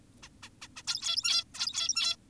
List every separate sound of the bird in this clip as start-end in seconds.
0.23-0.29, 0.43-0.49, 0.62-0.68, 0.76-0.83, 0.88-1.44, 1.54-2.16